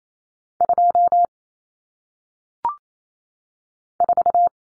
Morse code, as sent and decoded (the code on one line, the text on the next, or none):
..--- / ....-
2 4